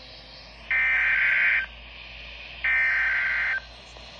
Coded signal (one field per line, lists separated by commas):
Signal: Emergency Alert System (SAME) tones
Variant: header bursts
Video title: [EAS #2953-#2963] 2024 Tsunami Communications Drill (3/27/24)